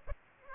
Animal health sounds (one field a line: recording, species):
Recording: mosquito wingbeat signal from an infrared sensor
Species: Aedes aegypti